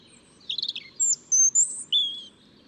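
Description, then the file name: European robin song: a short jumbled warble followed by several drawn-out, very high, thin whistled notes, some sliding down, over soft background hiss. "Erithacus rubecula"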